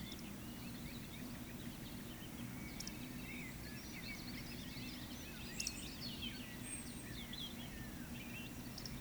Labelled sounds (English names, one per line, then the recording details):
Eurasian Woodcock whistle
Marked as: whistle, whistle, whistle, whistle
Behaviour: display flight
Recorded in Baden-Württemberg, Germany, on 14 May 2021 at 18:58 UTC
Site 25175, 602 m above sea level